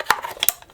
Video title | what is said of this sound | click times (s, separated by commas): Browning AB3 Review | so it's just clicking past that lip there it's the kid fool you a little bit cuz it's just clicking past the the front rather than this little piece right here | 0.0 s, 0.4 s